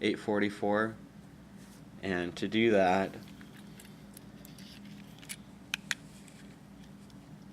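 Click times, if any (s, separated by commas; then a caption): 5.7 s, 5.9 s. Someone talks, then the plastic front pilot is unsnapped from the front truck of a Kato Union Pacific FEF-3 model steam locomotive to make way for a double-heading pilot. Faint small handling ticks follow, then two sharp clicks at 5.7 s and 5.9 s as the pilot is released.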